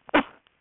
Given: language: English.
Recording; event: throat vibration sensor signal played as sound; cough